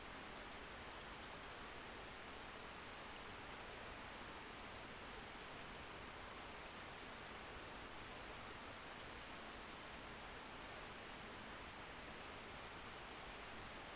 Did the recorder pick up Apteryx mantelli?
no